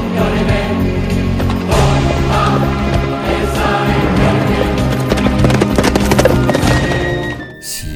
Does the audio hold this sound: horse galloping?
yes